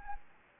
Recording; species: mosquito wingbeat signal from an infrared sensor; Anopheles gambiae